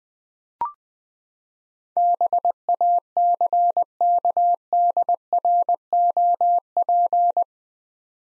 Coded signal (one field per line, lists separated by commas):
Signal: Morse code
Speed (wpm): 21 wpm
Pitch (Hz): 700 Hz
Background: none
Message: BACKDROP